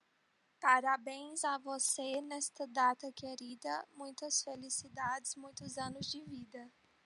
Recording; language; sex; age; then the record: short text; Brazilian Portuguese; female; 20 to 29 years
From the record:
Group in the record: control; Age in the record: 23 years